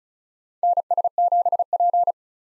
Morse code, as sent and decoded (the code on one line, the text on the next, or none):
-. ... --... .--.
NS7P